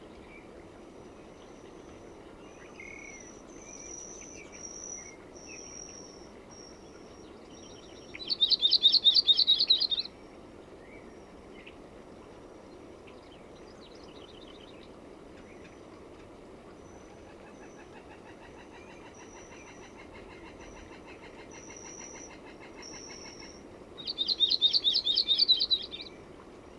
Audubon's Warbler song recorded in Moraine Park in Rocky Mountain National Park.